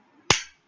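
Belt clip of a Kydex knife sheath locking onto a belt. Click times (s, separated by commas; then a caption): 0.3 s. A front belt clip on a Kydex knife sheath, mounted on the left side of a belt, is pushed down until it locks into place. It gives one sharp, bright snap at 0.3 s that rings out briefly. The clip is seated and locked.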